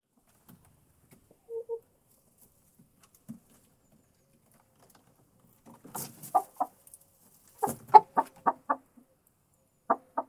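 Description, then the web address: Chicken clucks, sparse and quiet at first, then a few louder clucks in the second half. Hen in a henhouse. "monde des sons poule dans le poulailler"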